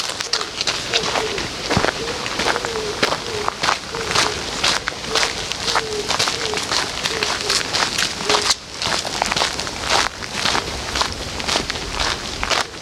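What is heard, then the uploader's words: Raindrops tick steadily on an umbrella during a walk in a garden by a river, a dense, bright, irregular patter that never lets up. A faint wavering low tone runs underneath for the first eight seconds, then drops away after a brief lull. Sounds along the river in Odense, Denmark. Walk under an umbrella in the Fairytale Garden and listen to tickling raindrops.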